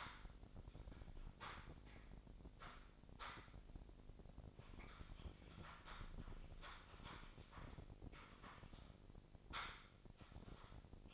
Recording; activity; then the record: daily activity, microphone in the room; typing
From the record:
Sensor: 5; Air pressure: 1007.7 hPa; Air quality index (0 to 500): 95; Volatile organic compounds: 1 ppm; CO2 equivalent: 748 ppm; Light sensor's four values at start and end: 41/96/40/41 and 41/95/39/41